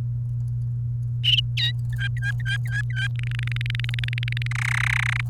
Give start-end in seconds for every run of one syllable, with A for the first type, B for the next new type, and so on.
1.57-1.71 A, 1.92-3.08 B, 3.15-4.47 C, 4.51-5.21 D